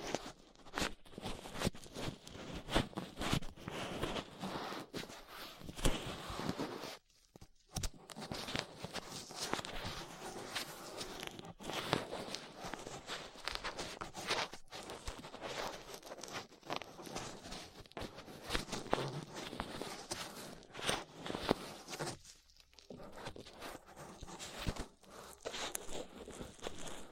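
Ear cleaning with latex gloves, a dental pick and cotton swabs: dense, fast scratching, rubbing and crinkling that runs almost without pause for the full length. Brief silences break it near seven and twenty-three seconds, and the texture stays bright and crackly throughout.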